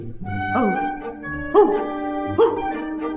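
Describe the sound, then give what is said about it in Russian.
A dog lying on a road whimpers in three drawn-out, high, tonal whines, each starting with a sharp yelp-like rise, with low rough breathing beneath and no speech. “Вот идет осел по дороге и вдруг видит, лежит на дороге собака и тяжело дышит.”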